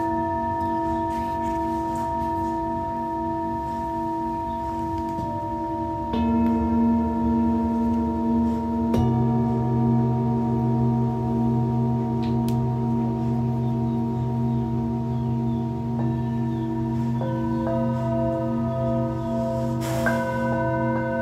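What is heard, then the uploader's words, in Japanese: Tibetan singing bowls hum in long, steady overlapping tones, with fresh strikes near 6, 9 and 17 seconds adding new ringing layers and a slight rise in level. A low pulsing waver runs underneath, and a few faint taps appear, with a brighter touch near 20 seconds. 深夜のシンギングボウルのサウンドヒーリング。チベタンシンギングボウル。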